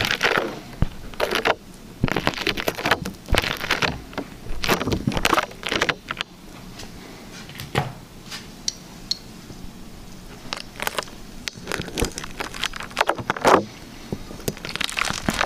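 Liquid slime being squished and pulled, making wet crackling pops and squelches in quick, irregular bursts. The sounds come thick through the first half, ease off for a few seconds around the middle, then pick up again toward the end over a faint steady hiss.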